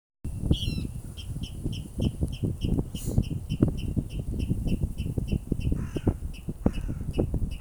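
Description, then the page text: Water rail song: rapid, evenly spaced high ticks, with a brief rustle midway and constant low rumbling noise. One bird singing, Riga, 24 April 2022 at 07:27. "водяной пастушок, Rallus aquaticus Bремя наблюдения 24-Apr-2022 plkst. 07:27 Administratīvā teritorija Rīga Skaits 1 Статус Поёт"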